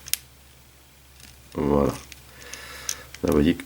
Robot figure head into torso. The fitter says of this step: la tête il faut entendre un clic fait on vous maintenez ici voilà